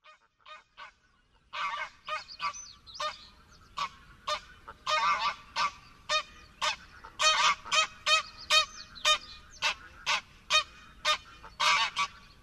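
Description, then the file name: Greylag goose honking: a few faint calls, then a long steady run of many loud, clipped nasal honks. "GĘGAWA"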